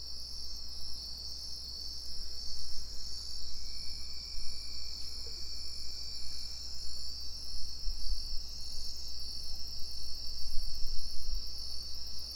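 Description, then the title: Crickets sustain a shrill, unbroken trilling chorus, with a brief faint whistle-like tone in the middle and low rumbling beneath. Crickets in plum trees at Tinun, Tenabo, Campeche, Mexico; recorded with a TASCAM DR-100 mkII recorder and RODE NTG-2 shotgun microphone with Deadcat windshield. "Tinun, Tenabo, Camp., México - Grillos en Ciruelos"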